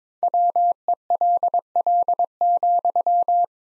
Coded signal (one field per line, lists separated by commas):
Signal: Morse code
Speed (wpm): 22 wpm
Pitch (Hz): 700 Hz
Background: none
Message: WELL,